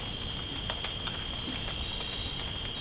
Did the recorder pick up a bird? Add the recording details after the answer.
no. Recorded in dense forest near Puerto Asís, Putumayo, Colombia, on 13 March 2025 at 23:30. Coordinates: 0.467, -76.328. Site G041